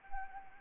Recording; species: mosquito wingbeat signal from an infrared sensor; Anopheles arabiensis